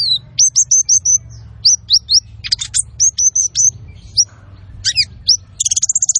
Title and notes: MASTERAN KOLIBRI NINJA TERBAIK FULL ISIAN DAN TEMBAKAN MEWAH COCOK BUAT PANCINGAN. Suara Burung Kolibri Ninja Gacor